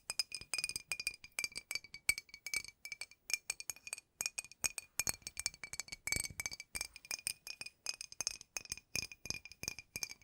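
Rapid tapping on a hard surface, likely glass, with bright clinking ticks that ring at a steady high pitch. The taps come in quick irregular bursts throughout, separated by brief silent gaps, with a slightly denser cluster around six seconds.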